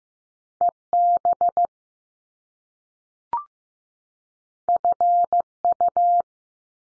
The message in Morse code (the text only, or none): E B F U